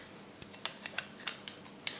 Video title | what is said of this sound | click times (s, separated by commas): Bugatti Veyron 16.4 Super Sport au 1/8 Altaya fascicules 42 à 53 | Voilà, ça s'emboîte, tac tac, et on vient mettre. | 0.6 s, 1.9 s